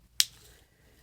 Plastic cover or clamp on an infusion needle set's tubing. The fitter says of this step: because it does have a little click that will close it back up and